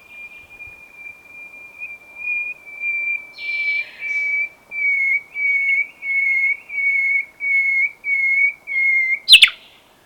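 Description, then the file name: Common nightingale singing a long, steady, pure whistle, then a slow series of separate whistled notes swelling louder, ending in a sharp harsh note. "Luscinia megarhynchos"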